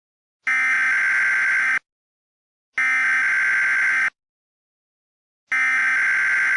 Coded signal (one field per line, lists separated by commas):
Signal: Emergency Alert System (SAME) tones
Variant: header bursts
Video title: EAS MOCK CIVIL EMERGENCY MESSAGE